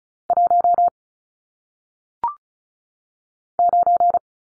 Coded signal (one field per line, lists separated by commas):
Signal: Morse code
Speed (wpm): 36 wpm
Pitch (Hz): 700 Hz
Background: none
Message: 1 9